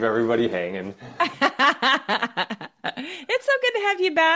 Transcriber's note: laughs